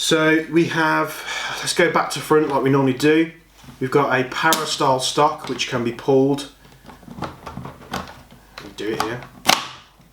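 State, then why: Seated. Someone talks as the para-style folding stock on a Cybergun M249 Para Sportline airsoft rifle is pulled out and rotated clockwise. A few small knocks follow, then a loud sharp hit at 9.5 s as the stock locks into place.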